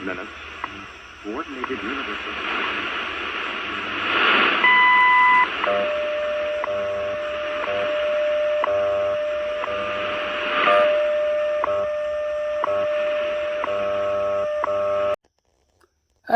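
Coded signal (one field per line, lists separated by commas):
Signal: radio time signal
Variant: WWV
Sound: shortwave hiss, a short high beep, then a steady lower tone with faint ticks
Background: radio static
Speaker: what the heck you just saw was WWV radio which originates from the National Institute of Standards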